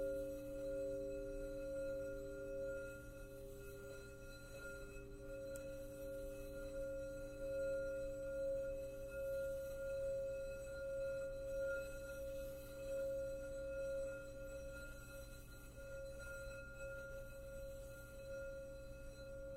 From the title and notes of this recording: I was guided to record 7 crystal singing bowl clips to each represents one of 7 sacred flames AKA 7 sacred rays.